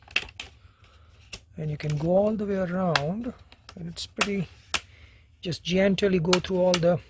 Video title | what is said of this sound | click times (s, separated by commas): How to replace LCD Screen for Acer A315 Series A315-22 Laptop | and once you start looking you can hear the clicks | 0.2 s, 0.4 s